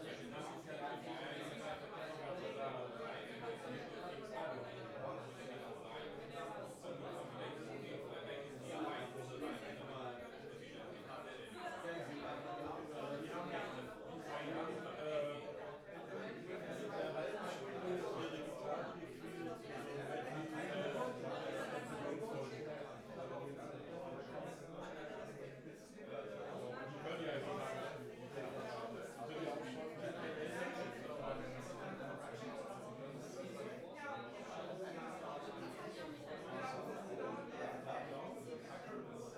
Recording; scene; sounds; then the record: everyday scene through a hearing-aid microphone; many people talking; many voices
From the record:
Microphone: behind the ear, right, rear